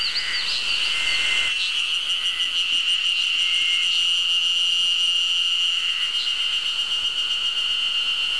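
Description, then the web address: Cicada call: a steady, continuous high-pitched drone with faint pulsing throughout, plus a few brief higher chirps early on. "inca cicada"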